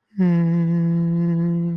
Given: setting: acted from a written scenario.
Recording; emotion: vocal sound without words; serenity